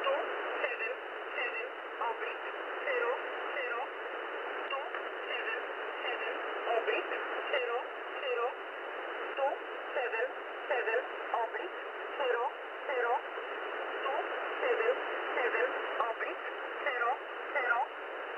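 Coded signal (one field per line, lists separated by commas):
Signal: numbers station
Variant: E11 Oblique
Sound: distant female voice reading short evenly spaced words through hissy radio noise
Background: radio static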